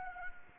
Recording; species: mosquito wingbeat signal from an infrared sensor; Anopheles gambiae